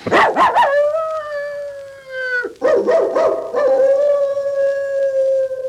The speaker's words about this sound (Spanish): Pero el aullido nocturno no es más que chismorreo. Nuestro ladrido alcanzará a todos los perros de Londres. Y si nuestros hijos aún están por aquí, pronto lo sabremos.